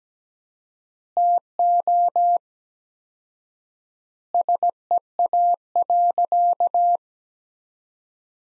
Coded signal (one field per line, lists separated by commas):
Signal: Morse code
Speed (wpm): 17 wpm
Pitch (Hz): 700 Hz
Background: none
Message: TO SEA.